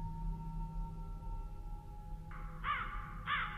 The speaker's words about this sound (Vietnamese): Ông ngồi xuống ôm đầu, văng vẳng từ bốn phía vang lên tiếng quạ kêu đến gai cả người.